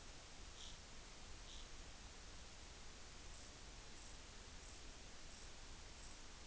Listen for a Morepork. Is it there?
no